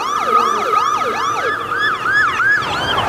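Sirens of several massed police patrol cars on Avenida de Mayo wail at once, their rising and falling tones overlapping in a loud, dense, continuous chorus with no one speaking.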